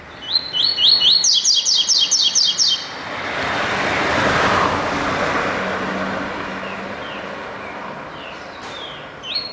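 Double-collared seedeater song: a fast run of high, repeated buzzy notes lasting about three seconds, then a broad rushing noise like a passing vehicle, with faint chirps afterward.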